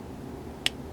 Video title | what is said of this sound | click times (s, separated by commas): A PBusardo Video & Review - A Billion Lives - The Squape X Dream Review - The Kayfun V5 Update | there's another click, okay? So now I know that the liquid is flowing again. | 0.7 s